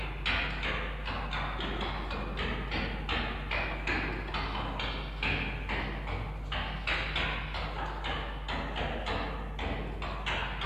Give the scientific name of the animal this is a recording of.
Vulpes vulpes